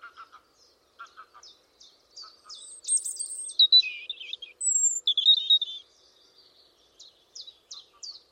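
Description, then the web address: European robin song: soft clicks and short high notes build into a rush of sweet, tumbling warbles and a sliding whistle, then fade back to quiet ticking. "Deverinetal 2025 File origin Bird Only Er Ru"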